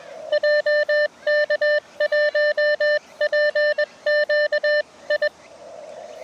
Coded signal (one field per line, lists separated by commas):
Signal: Morse code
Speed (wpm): 18 wpm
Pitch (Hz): 600 Hz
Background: none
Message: JK1PQI